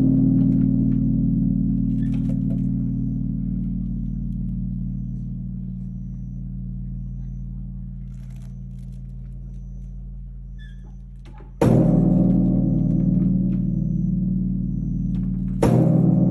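A great temple bell hums low and slowly fades, then is struck again near twelve seconds and at sixteen, each blow bright and full.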